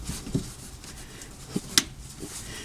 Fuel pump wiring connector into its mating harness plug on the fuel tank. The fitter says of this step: we're just plugging that electrical connector in until it clicks